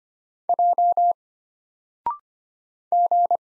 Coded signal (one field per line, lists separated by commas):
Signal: Morse code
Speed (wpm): 25 wpm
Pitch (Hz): 700 Hz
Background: none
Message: J G